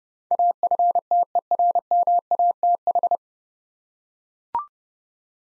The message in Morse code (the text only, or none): AFTERMATH